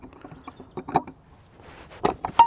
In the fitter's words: and then slide over to the right hand side you'll hear a click